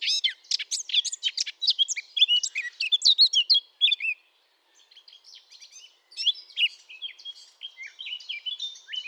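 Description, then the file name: Eurasian blackcap warbling: a loud, fast tumble of varied notes, a brief silence, then a softer, rambling twitter with occasional clearer phrases. "Sylvia atricapilla"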